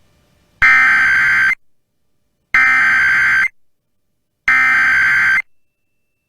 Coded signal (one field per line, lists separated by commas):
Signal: Emergency Alert System (SAME) tones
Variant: header bursts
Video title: EAS Mini-Timeline Minnesota State Fair Storms, Flooding and an AMBER Alert NOAA Weather Radio